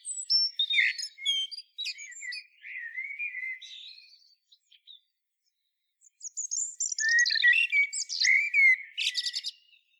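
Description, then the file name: Common blackbird song: two phrases of warbled and squeaky twittering notes, the second ending in a high twitter, with a pause between them. "Turdus merula"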